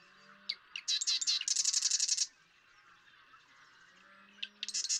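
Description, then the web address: Marsh Wren song: a few sharp clicks lead into a fast, gurgling, buzzy trill; another phrase begins near the end. "birdsongforthecurious Marsh Wren"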